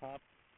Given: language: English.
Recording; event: throat vibration sensor signal played as sound; speech